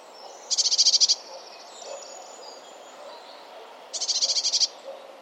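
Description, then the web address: Bird calling in two short, high rattling bursts of quick even pulses about three and a half seconds apart, with soft background hiss between them. "Deverinetal 2025. Bird Only"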